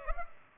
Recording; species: mosquito wingbeat signal from an infrared sensor; Culex pipiens